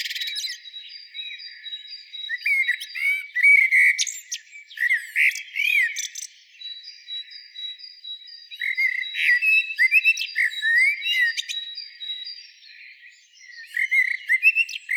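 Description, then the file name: Common blackbird delivering repeated warbled phrases with high chattering endings over fifteen seconds, alongside a steady thin whistle-like tone and other faint bird sounds. "Turdus merula"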